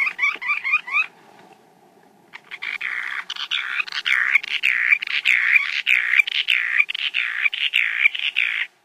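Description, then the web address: Surfbird calls: a quick series of rising squeaky notes, a short pause, then a dense, continuous chatter of high, chirping calls. "Songs of Birds of North America Stokes. Surfbird"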